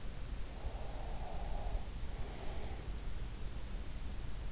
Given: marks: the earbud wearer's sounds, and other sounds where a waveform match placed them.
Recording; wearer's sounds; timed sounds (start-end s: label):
sounds in sleep by an in-ear microphone; breath
0.22-3.03 s: breath